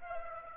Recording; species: mosquito wingbeat signal from an infrared sensor; Aedes aegypti